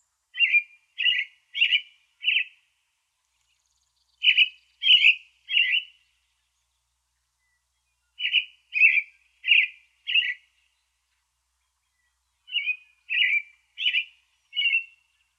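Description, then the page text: American robin singing clear, warbled caroling phrases in bursts of three or four, separated by pauses of about two seconds, in an otherwise quiet setting. Recorded in coniferous forest. "Coniferous Forest American Robin. Quick Sounds"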